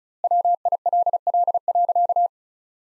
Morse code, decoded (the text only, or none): WILL.